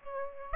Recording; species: mosquito wingbeat signal from an infrared sensor; Aedes aegypti